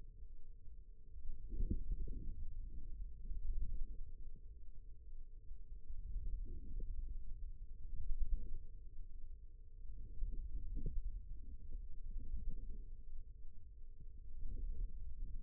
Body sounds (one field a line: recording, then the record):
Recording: forearm muscle sounds (acoustic myography)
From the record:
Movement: radial deviation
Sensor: system 2, bracelet of six BSWA MPA416 microphones around the upper forearm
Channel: 4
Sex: female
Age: 22 years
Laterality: right